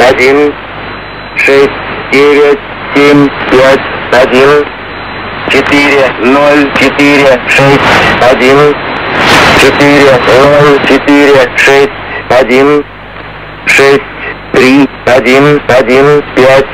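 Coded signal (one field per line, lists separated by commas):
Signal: numbers station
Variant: S06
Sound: a voice reading short digits at an even pace over band-limited radio audio, about 21 digits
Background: radio static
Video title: Russian Numbers station, S06, 11616khz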